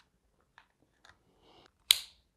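Small metallic ticks and a soft scraping come as the slide of a Yavuz 1911 Defender pistol is pushed back onto its steel frame during reassembly, aligned with the small notch under the marking so the slide stop can go in. A loud, sharp metallic click at 1.9 s marks the slide and slide stop seating into place in the frame, with a short ring after it.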